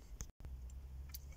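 The plastic radio fascia trim on the dashboard of a 2006–2021 Mitsubishi Pajero is eased out and drawn forward. Its plastic lugs release with sharp clicks at about 0.2 s and 1.2 s, with fainter ticks in between. The trim pops free and is removed.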